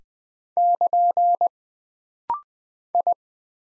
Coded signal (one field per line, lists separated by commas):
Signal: Morse code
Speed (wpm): 20 wpm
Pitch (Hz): 700 Hz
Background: none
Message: <KN> I